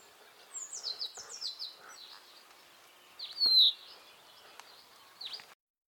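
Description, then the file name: Common chaffinch song: a faint falling run of high notes, followed later by a single loud downslurred note, over soft background hiss. "Fringilla coelebs"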